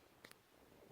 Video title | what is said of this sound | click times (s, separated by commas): Stainless folding camping stove from Amazon | side panel and that's nice because as you pull it down these pieces snap into place you | 0.2 s, 0.3 s